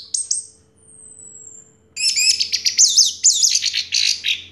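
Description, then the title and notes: Orange-headed thrush gives a few sharp notes and a long thin descending whistle, then bursts into dense rapid varied song. Singing in the teler style with a clear voice; part of a complete compilation of anis merah sounds. "Anis Merah Teler Suara Jernih. kumpulan suara anis merah lengkap"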